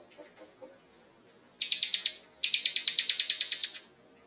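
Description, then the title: Prinia song: two bursts of fast, sharp, evenly spaced notes, the second longer, over a steady background hiss. Masteran training recording of ciblek gunung (mountain ciblek) song, described as gacor. "Burung Ciblek Gunung Masteran Gacor Kicau Mania"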